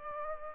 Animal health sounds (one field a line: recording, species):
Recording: mosquito wingbeat signal from an infrared sensor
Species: Culex pipiens